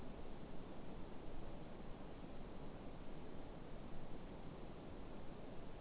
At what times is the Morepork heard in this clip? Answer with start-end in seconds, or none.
none